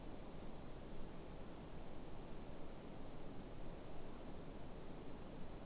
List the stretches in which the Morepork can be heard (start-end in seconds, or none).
none